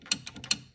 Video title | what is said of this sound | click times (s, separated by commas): How to Replace/Rotate Planer Blades - Dewalt DW734 | into place and kind of locks it in place | 0.5 s